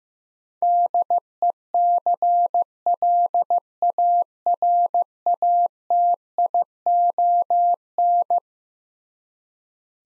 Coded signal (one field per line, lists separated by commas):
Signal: Morse code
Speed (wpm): 15 wpm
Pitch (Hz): 700 Hz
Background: none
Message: DECLARATION